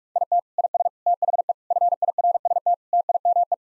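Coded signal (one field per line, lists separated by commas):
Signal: Morse code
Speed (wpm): 46 wpm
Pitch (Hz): 700 Hz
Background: none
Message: IT IS THE FIRST TIME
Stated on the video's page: Morse code practice at 45 wpm of sentences containing common eight-word phrases, first words spoken as a guide, each sent, spoken, then sent again.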